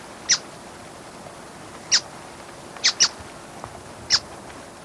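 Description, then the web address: Buff-browed foliage-gleaner giving sharp, dry chip notes, five in all at uneven intervals, two close together near the middle, over a soft hiss. Recorded in Ecuador. "Birds of Ecuador. Buff-browed Foliage-gleaner"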